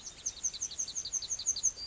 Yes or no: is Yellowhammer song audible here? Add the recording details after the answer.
yes. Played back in grassland. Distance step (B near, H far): E. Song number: 003